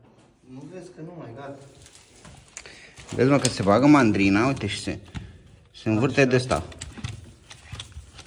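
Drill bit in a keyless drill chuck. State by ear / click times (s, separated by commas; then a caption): torque reached / 7.1 s, 7.5 s, 7.8 s. A drill bit is inserted into a keyless drill chuck, and the chuck is turned by hand until it tightens while someone talks. Three short sharp ratcheting clicks are heard at about 7.1, 7.5 and 7.8 seconds as the chuck tightens and locks on the bit.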